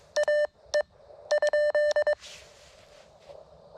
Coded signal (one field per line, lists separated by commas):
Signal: Morse code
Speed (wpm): 22 wpm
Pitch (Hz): 1800 Hz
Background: none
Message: AE ?